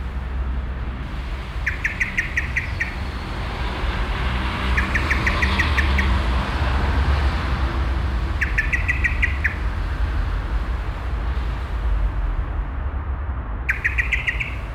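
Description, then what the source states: Common Blackbird repeating short chattering bursts of sharp, rapid chirps every few seconds against continuous low traffic noise. Blackbird emerging from a bush and chirping constantly beside the Auferstehungskirche, Südostviertel, Essen, Germany; passing street traffic.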